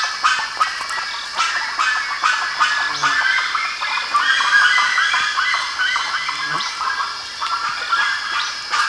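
Bird flock calling, dense overlapping harsh honking notes, with a few low calls standing out near three and six and a half seconds.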